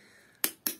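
A plastic cover and switch housing are pressed back onto the body of a hot-water booster pump during reassembly. Two sharp snaps are heard at 0.4 s and 0.7 s. The cover and switch have seated, so the pump can be tightened up and used without problems.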